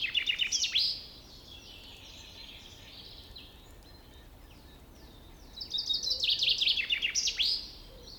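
Finch calls: busy high chirping bursts, one at the opening and a longer run after a quiet gap of several seconds.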